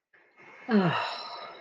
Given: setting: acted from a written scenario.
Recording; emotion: vocal sound without words; serenity